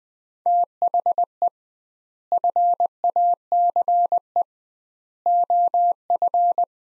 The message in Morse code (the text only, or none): THE FACE OF